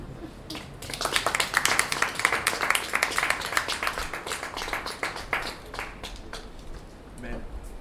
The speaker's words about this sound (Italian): Allora fate un applauso a Flaubert.